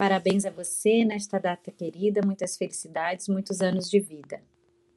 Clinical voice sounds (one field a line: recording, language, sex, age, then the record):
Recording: short text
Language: Brazilian Portuguese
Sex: female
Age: 40 to 49 years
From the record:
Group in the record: control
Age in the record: 46 years